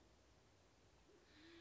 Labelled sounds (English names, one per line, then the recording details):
Band-tailed Pigeon
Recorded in Sonoma County, California